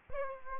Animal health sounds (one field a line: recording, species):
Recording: mosquito wingbeat signal from an infrared sensor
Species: Aedes aegypti